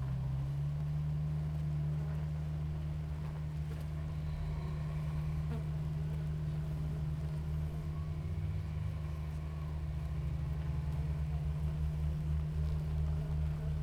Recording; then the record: honeybee colony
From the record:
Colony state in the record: active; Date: 28 July 2017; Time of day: 6:04